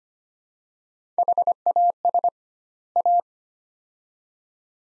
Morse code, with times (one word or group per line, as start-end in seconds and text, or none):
1.2-2.3 HAS
3.0-3.2 A